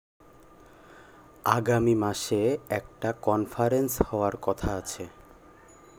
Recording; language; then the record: elicited speech; Bengali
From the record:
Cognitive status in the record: cognitively healthy